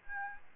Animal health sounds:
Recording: mosquito wingbeat signal from an infrared sensor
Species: Aedes albopictus

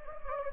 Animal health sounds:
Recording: mosquito wingbeat signal from an infrared sensor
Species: Anopheles gambiae

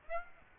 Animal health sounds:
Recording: mosquito wingbeat signal from an infrared sensor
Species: Aedes aegypti

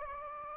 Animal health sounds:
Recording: mosquito wingbeat signal from an infrared sensor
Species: Anopheles gambiae

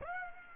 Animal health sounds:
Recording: mosquito wingbeat signal from an infrared sensor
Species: Aedes aegypti

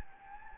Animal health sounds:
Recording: mosquito wingbeat signal from an infrared sensor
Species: Anopheles gambiae

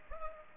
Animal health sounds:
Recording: mosquito wingbeat signal from an infrared sensor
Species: Culex pipiens

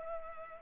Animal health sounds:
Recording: mosquito wingbeat signal from an infrared sensor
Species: Culex pipiens

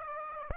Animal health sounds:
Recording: mosquito wingbeat signal from an infrared sensor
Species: Aedes aegypti

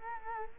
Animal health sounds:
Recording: mosquito wingbeat signal from an infrared sensor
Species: Culex quinquefasciatus

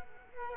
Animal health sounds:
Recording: mosquito wingbeat signal from an infrared sensor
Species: Culex quinquefasciatus

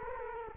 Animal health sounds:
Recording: mosquito wingbeat signal from an infrared sensor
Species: Culex quinquefasciatus

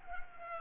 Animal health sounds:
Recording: mosquito wingbeat signal from an infrared sensor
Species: Culex pipiens

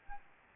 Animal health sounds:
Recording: mosquito wingbeat signal from an infrared sensor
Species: Aedes albopictus

